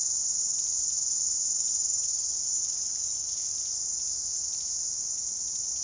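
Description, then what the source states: Cicadas producing a constant, sizzling high buzz, slightly louder at the start, otherwise unchanging. Recorded in New Zealand.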